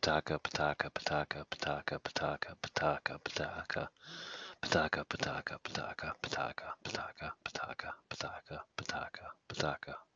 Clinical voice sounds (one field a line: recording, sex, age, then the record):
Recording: repeated syllables /pa ta ka/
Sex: male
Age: 40 to 49 years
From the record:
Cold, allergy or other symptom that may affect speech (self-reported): no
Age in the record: 47 years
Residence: Michigan, United States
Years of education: 12